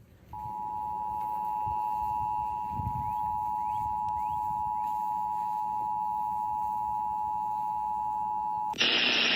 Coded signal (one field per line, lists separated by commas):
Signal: Emergency Alert System (SAME) tones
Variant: 853 and 960 Hz attention tone